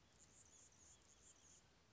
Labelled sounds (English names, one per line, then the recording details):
Anna's Hummingbird
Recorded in Sonoma County, California